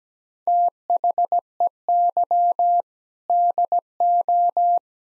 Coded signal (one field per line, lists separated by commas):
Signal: Morse code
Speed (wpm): 17 wpm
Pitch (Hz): 700 Hz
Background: none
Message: THEY DO